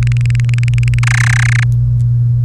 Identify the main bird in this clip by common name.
Domestic Canary